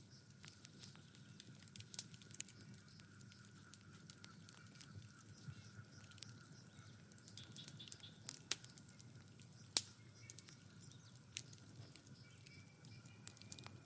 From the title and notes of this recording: Burning Fireplace & Crackling Fire Sounds.